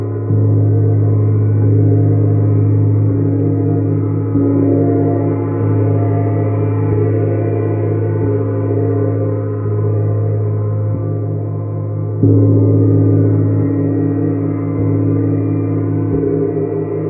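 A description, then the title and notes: A Neptune gong hums with steady, low resonant tones, struck softly every second or so, its swelling wash sustained throughout without pause. Deep Healing Sounds from Neptune Gong. The Neptune Gong produces resonant and soothing tones.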